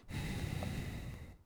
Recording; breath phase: one breath near a microphone; exhalation